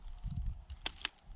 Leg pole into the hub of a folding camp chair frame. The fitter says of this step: And that snaps into place.